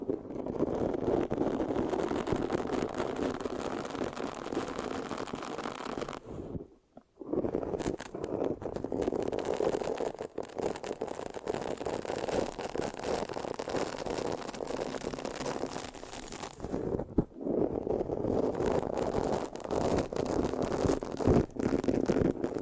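Dense, continuous mic scratching with a sticky, crackling texture, mostly low and mid, pausing briefly near 7 and 17 seconds.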